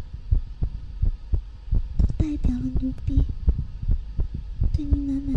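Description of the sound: Regular low heartbeat thumps at about 85 a minute, with faint hummed voice tones in the background.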